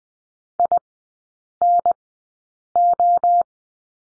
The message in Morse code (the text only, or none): INO